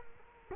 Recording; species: mosquito wingbeat signal from an infrared sensor; Culex quinquefasciatus